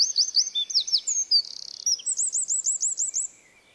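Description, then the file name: Eurasian wren singing: high, fast notes and a short buzzy rattle, then a crisp run of several repeated notes before the song stops. "Troglodytes troglodytes"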